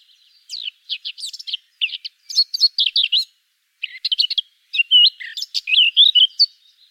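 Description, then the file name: Eurasian blackcap giving a lively, varied warble of quick chirped notes in two loud phrases split by a short silence, ending with a few clear whistled slurs. "Sylvia atricapilla"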